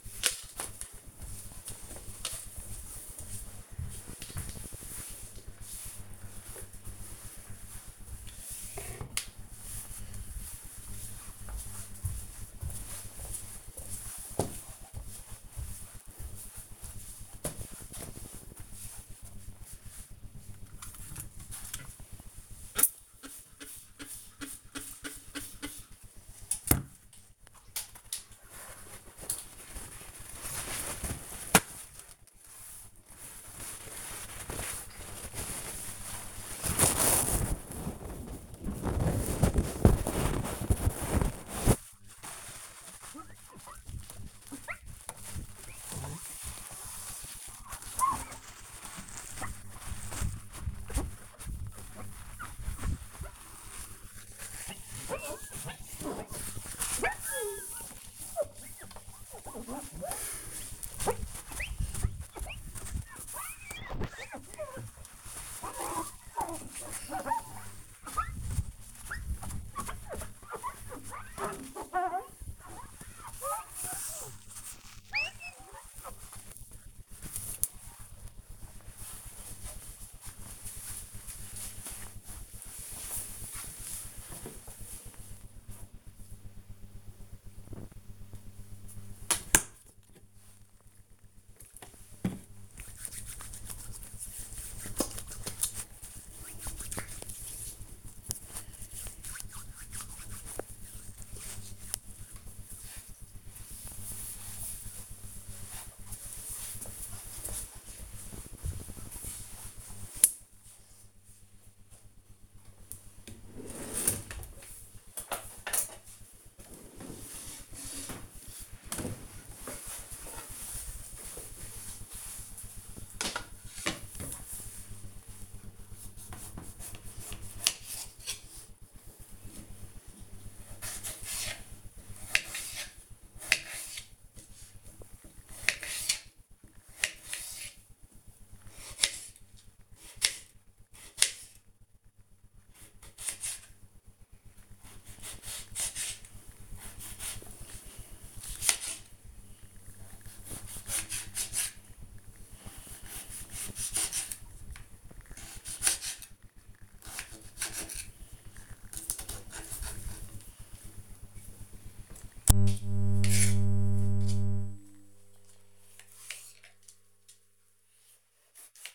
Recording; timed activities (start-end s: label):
household activities, microphone on the right wrist
21.00-77.30 s: window cleaning
88.38-101.48 s: disinfecting hands
122.63-168.95 s: cutting vegetables